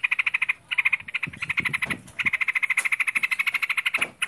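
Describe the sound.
Bird sings rapid harsh chatter in runs of quick notes, interrupted briefly by low muffled sounds before resuming.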